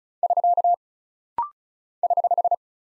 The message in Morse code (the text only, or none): <SK> <HH>